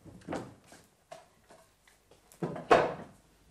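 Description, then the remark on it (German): A wooden chair is lifted down from a table in a tavern, where the chairs are still stacked on the tables. It makes a series of hollow knocks and light scrapes, ending in one loud clattering thud as it lands. No voices. “Die Stühle alle noch auf den Tischen. Das stört mich nicht. Ich nehme mir einen runter.”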